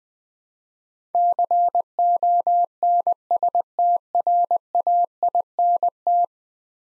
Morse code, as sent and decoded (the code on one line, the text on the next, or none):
-.-. --- -. ... - .-. .- .. -. -
CONSTRAINT